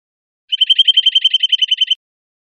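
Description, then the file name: Bird giving a single fast, even trill of many sharp high notes lasting about one and a half seconds, with silence before and after. Recorded in Costa Rica. "CR BRTI"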